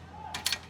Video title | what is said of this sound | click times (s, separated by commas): ਸਵਰਾਜ 855 ਹੁਣ ਨਵੀਂ ਲੁੱਕ ਵਿੱਚ🔥ਬਾਈ ਨੇ ਦਿੱਤੀ ਪੂਰੀ ਜਾਣਕਾਰੀ#swaraj855 | ये आप दबाते हो, ये देखो अब ये लिफ्टोमेटिक लॉक हो गया। | 0.5 s